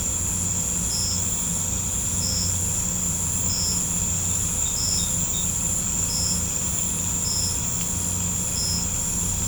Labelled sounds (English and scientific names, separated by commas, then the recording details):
none
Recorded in pastures near Puerto Asís, Putumayo, Colombia, on 18 December 2024 at 19:30
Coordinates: 0.505, -76.324
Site G063